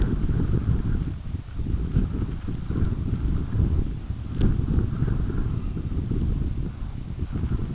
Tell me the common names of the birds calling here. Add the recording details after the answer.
none. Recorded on Arctic tundra, site UTQI-5, on 29 June 2018. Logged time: 16:00